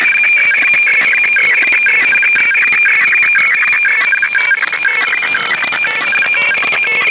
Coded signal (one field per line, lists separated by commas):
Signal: weather fax (radiofax)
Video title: Joint Operational Meteorology & Oceanography Centre (JOMOC) weatherfax transmission - FAX 2618.5 kHz